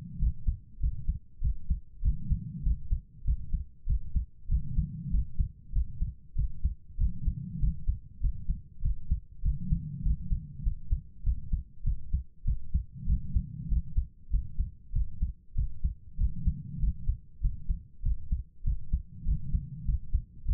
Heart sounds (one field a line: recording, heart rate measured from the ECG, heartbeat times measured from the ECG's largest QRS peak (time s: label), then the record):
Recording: heart sounds by stethoscope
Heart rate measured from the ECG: 98 bpm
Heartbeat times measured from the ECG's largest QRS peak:
0.18 s: heartbeat
0.79 s: heartbeat
1.40 s: heartbeat
2.01 s: heartbeat
2.62 s: heartbeat
3.23 s: heartbeat
3.85 s: heartbeat
4.47 s: heartbeat
5.09 s: heartbeat
5.71 s: heartbeat
6.34 s: heartbeat
6.96 s: heartbeat
7.58 s: heartbeat
8.19 s: heartbeat
8.81 s: heartbeat
9.41 s: heartbeat
10.01 s: heartbeat
10.62 s: heartbeat
11.22 s: heartbeat
11.83 s: heartbeat
12.43 s: heartbeat
13.05 s: heartbeat
13.67 s: heartbeat
14.29 s: heartbeat
14.91 s: heartbeat
15.54 s: heartbeat
16.16 s: heartbeat
16.78 s: heartbeat
17.40 s: heartbeat
18.01 s: heartbeat
18.63 s: heartbeat
19.24 s: heartbeat
19.84 s: heartbeat
20.44 s: heartbeat
From the record:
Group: healthy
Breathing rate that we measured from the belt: 21 breaths a minute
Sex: female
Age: 32 years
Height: 172 cm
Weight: 71.7 kg